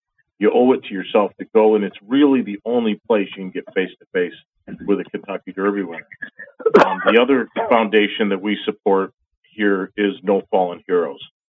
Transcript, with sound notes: You owe it to yourself to go and it's really the only place you can get face to face with a Kentucky Derby winner.
(coughs) .
Um, the other foundation that we support here is No Fallen Heroes.